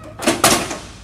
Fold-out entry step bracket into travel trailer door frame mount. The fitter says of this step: snaps right into place comes out just as easy